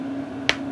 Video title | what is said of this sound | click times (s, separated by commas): We Look Inside The Reliant Engine With A Depstech DS520 Borescope | so when I push that in you watch a little click | 0.5 s